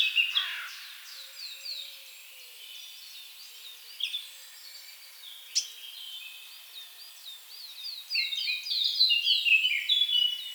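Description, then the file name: Eurasian blackcap song: scattered twittering notes, building into a loud, rich, rapid warble during the last few seconds. "Sylvia atricapilla"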